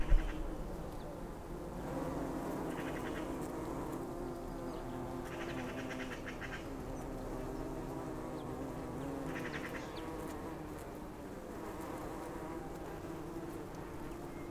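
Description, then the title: Bee buzzing: a steady low hum continuing throughout, with a few brief higher bursts in the background. Among poppies in Londerzeel, Belgium; Zoom H6 recorder with XY microphone. "Klein Holland 49, 1840 Londerzeel, België - bees and poppies"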